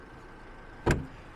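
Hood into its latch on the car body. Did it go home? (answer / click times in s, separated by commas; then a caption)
yes / 0.9 s. The hood of a VW Golf SportWagen 4Motion 6-speed is shut and given a little bump so its latch catches on the car body. After a quiet stretch, a single sharp, full-range click sounds at 0.9 s with a brief low thud trailing off. The hood latch clicks shut and the hood is seated.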